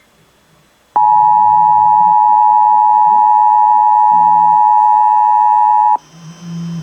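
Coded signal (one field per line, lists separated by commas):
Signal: Emergency Alert System (SAME) tones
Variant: 853 and 960 Hz attention tone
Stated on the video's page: Required Weekly Test on KDKA-AM Pittsburgh, 1020 kHz, evening, covering seven western Pennsylvania counties.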